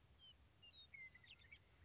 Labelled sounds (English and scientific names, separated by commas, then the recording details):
Western Meadowlark (Sturnella neglecta)
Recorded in Sonoma County, California